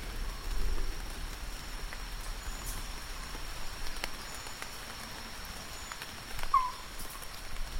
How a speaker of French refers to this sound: Donc on entend là, voilà, on a bien entendu, et on entend là le ruissellement de la pluie sur les feuilles après l'averse. Là, on entend la forêt qui s'essore.